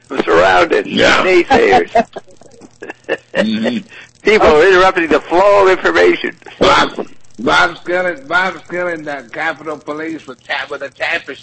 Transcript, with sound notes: I’m surrounded by naysayers. [chuckles] People are interrupting the flow of information.
Bob’s, Bob’s killin’, Bob’s killin’ the Capital Police with tap of the tapestry.